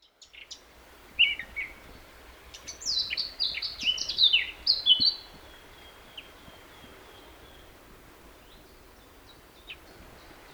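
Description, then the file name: Eurasian blackcap giving a couple of brief notes, then one lively warbled phrase of high chirps and whistles, followed by near quiet with faint notes. "Sylvia atricapilla"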